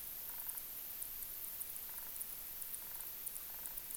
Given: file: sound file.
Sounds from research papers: Example of sound recording with insect calls and potential fish vocalizations in RT2 site. Example of sound recording from Rai Son Thon Reservoir (RST2) with insect calls and potential fish vocalizations. Sound recorded using a hydrophone (Brüel & Kjær 8104) connected to a hand-held sound level meter with sound recording function (Brüel & Kjær 2250).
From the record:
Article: Exploring freshwater soundscapes of tropical marshland habitats in Southeast Asia: insights into auditory sensory adaptation of wild Siamese fighting fish Betta splendens

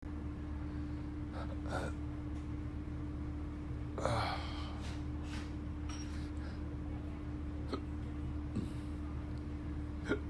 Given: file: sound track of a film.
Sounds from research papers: The attached video demonstrates the persistent hiccups and diaphragmatic contractions described in this case.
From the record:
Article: Persistent Postoperative Hiccups

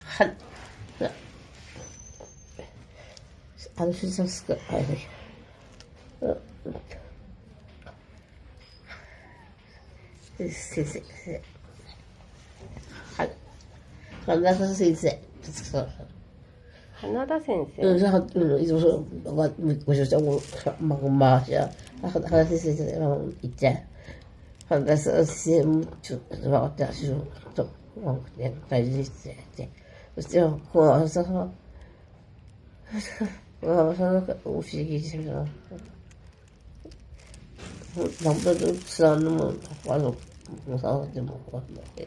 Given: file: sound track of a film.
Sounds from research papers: In two days, she visited an emergency room of a regional stroke care center with dysarthria and dexterity disorder and gait disturbance.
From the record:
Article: Valacyclovir-associated acute kidney injury and encephalopathy in an elderly woman with normal kidney function: a case report

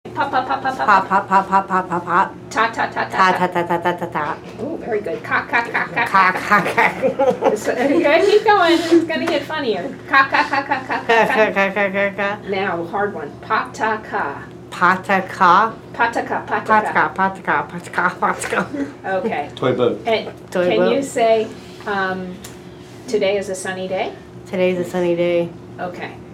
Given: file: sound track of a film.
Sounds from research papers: Patient’s mother (II-2) has normal speech without dysarthria.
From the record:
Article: Failure to thrive - an overlooked manifestation of KMT2B-related dystonia: a case presentation

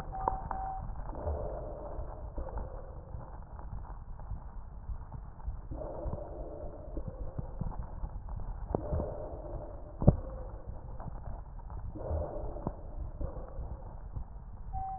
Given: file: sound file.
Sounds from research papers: Two respiratory medicine physicians separately listened to the recordings and characterized them as follows: (10) pleural rub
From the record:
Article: Back to the future: the novel art of digital auscultation applied in a prospective observational study of critically ill Covid-19 patients

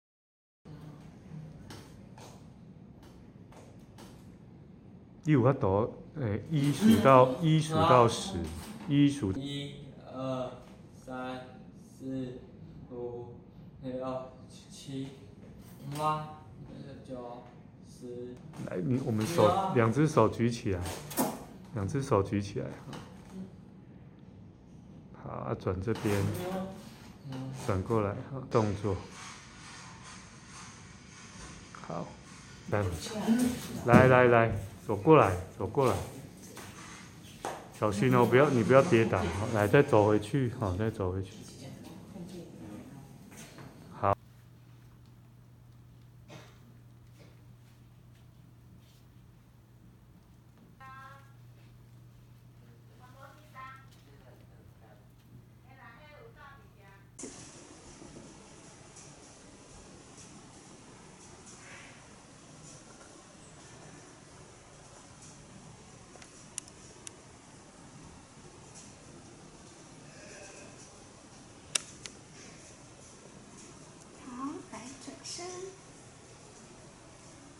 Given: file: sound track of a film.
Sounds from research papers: Generalized dystonia with intermittent vocalizations and upper limb–predominant myoclonic jerks before treatment, followed by notable improvement after administration of amantadine and clonazepam.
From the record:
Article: Childhood-Onset Myoclonus-Dystonia Due to KCTD17 Mutation: A Case Report and Review of Diagnostic Challenges

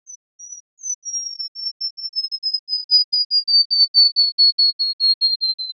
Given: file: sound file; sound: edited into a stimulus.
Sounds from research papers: FM slope divided by 2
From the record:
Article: Singing in the Rain Forest: How a Tropical Bird Song Transfers Information

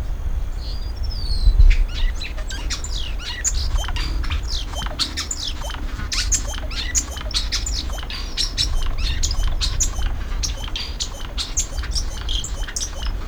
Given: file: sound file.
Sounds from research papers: Song of Cuetzalan lek.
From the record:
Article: Acoustic Divergence with Gene Flow in a Lekking Hummingbird with Complex Songs

